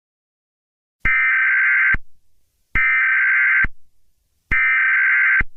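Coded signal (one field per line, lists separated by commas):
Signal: Emergency Alert System (SAME) tones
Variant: header bursts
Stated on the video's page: Fictional emergency alert scenario, a work of fiction rather than a real broadcast.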